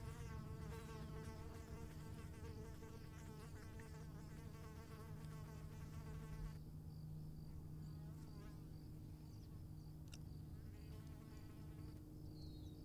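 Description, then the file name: Fly buzzing: a dense, droning hum with a rich layered tone for about the first six seconds, then thinner over a low rumble. "Flies"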